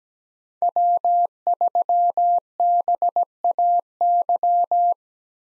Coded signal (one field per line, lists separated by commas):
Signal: Morse code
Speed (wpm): 17 wpm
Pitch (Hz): 700 Hz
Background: none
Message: W3BAY